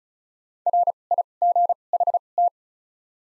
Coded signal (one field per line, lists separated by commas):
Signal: Morse code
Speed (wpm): 36 wpm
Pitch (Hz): 700 Hz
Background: none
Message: RIGHT